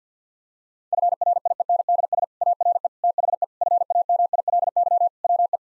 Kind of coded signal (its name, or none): Morse code